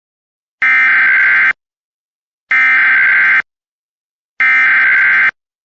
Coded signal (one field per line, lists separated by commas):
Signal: Emergency Alert System (SAME) tones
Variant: header bursts